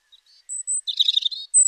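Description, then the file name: European robin song: thin, very high drawn-out whistles around a burst of rapid, jumbled, tinkling notes. "Erithacus rubecula"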